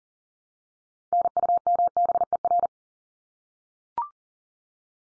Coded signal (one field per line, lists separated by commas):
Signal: Morse code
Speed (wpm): 40 wpm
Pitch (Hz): 700 Hz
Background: none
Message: NUMBER